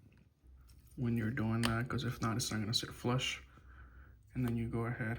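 A plastic panel on a Transformers Studio Series Thundercracker transforming action figure is handled and lined up so it will sit flush. Someone talks over faint handling noise. Nothing has seated or clicked yet.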